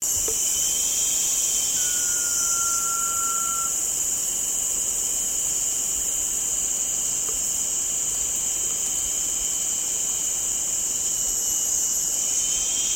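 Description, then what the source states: Blue-banded pitta uttering one long, even whistle near the start, while a dense buzzing insect chorus fills the background throughout. Recorded on 1 June 2007.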